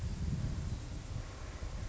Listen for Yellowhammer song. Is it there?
no